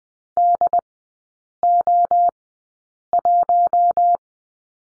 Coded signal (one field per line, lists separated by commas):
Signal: Morse code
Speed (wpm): 20 wpm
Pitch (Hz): 700 Hz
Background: none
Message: DO1